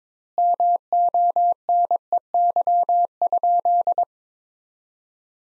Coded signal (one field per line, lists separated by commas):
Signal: Morse code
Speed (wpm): 22 wpm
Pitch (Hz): 700 Hz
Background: none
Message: MONEY?